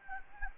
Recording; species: mosquito wingbeat signal from an infrared sensor; Anopheles gambiae